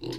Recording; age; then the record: pig call; weaner (32 to 43 days)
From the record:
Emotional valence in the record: negative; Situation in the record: long isolation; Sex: female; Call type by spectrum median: low-frequency call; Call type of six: high-frequency modulated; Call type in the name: high-frequency modulated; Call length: 0.18 s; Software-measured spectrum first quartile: 306 Hz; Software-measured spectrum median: 691 Hz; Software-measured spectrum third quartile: 3758 Hz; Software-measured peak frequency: 334 Hz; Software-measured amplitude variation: 147 dB a second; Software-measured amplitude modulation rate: 24.6 a second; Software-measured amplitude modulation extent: 6.0 dB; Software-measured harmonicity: 5.1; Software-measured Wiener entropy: -3.70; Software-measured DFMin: 537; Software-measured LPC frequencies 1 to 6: 365, 1977, 2875, 4090, 4704, 5140 Hz